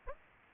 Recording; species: mosquito wingbeat signal from an infrared sensor; Aedes aegypti